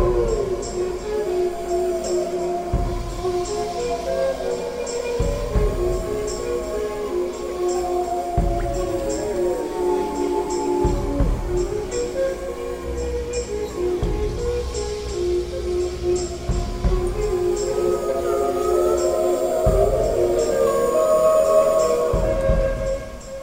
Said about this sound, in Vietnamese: Phần 3. Sói tru.